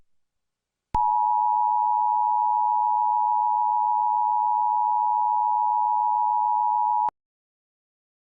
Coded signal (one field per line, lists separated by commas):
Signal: Emergency Alert System (SAME) tones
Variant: 853 and 960 Hz attention tone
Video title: (Upgraded EAS Mock) Severe Thunderstorm Warning for New York City